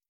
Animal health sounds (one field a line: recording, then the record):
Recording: hydrophone in a shrimp aquaculture tank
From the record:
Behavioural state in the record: stressed